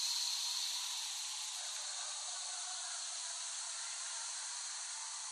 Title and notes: Recording of cicadas made by Dan Bodah in West Brighton, Staten Island, late summer 2008.